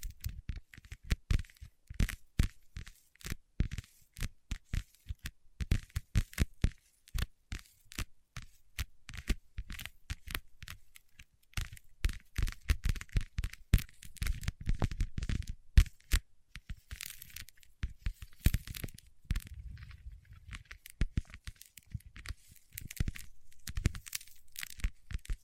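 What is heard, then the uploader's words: Wax-coated fingertips make a dense run of sticky clicks, crackles and small tearing snaps that continue for the whole stretch. The snaps come in irregular bursts, bright and sharp, with softer low thumps and rubbing around the middle and again near twenty seconds. ASMR with Wax Fingertips for Sleep (No Talking).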